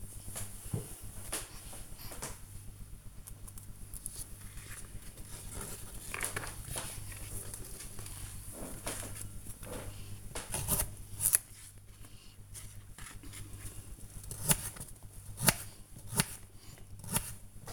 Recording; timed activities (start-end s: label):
household activities, microphone on the right wrist
4.16-17.72 s: cutting vegetables